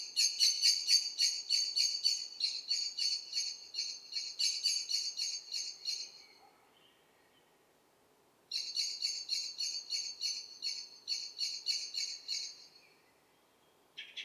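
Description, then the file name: Eurasian blackbird giving long, fast rattling chatters of harsh notes, two extended runs split by a quiet gap. "Turdus merula"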